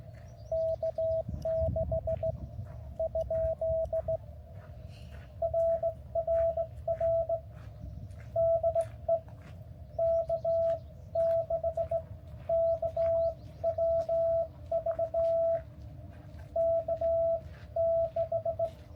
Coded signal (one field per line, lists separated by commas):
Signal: Morse code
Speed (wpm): 16 wpm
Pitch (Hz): 650 Hz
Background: none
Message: K6 ? RRR DE K6KWV K6